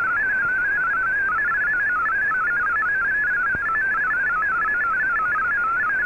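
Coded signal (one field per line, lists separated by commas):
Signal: multi-tone FSK (Olivia or MFSK type)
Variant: MFSK32 or MFSK64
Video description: Here is my decode of the Shortwave Radiogram broadcast today on 15770Khz shortwave radio at 1300UTC in MFSK32 and 64 and with 9 SSTV images.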